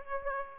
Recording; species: mosquito wingbeat signal from an infrared sensor; Aedes aegypti